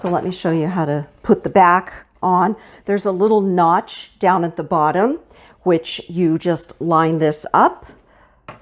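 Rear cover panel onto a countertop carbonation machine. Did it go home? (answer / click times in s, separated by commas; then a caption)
no / none. Someone talks while lining up the plastic rear cover panel of a SodaStream Terra countertop soda maker with a small notch at the bottom. A brief, sharp sound occurs at about 8.5 s as the clip ends, but the cover has not seated or clicked into place yet.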